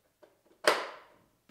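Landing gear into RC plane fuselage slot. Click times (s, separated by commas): 0.7 s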